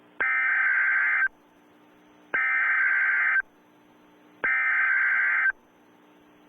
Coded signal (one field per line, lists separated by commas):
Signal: Emergency Alert System (SAME) tones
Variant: header bursts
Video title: Test EAS Scenario: Heightened Aggression Virus